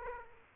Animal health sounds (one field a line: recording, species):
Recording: mosquito wingbeat signal from an infrared sensor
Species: Aedes aegypti